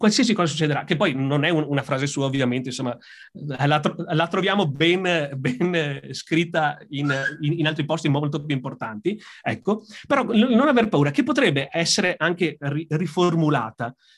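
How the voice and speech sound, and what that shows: A man speaks Italian in a quiet room with frequent disfluencies: part-word and whole-word repetitions, such as a word said three times and restarted syllables, plus several short hesitation pauses. The pattern fits stuttering, a fluency disorder that disrupts the flow of speech.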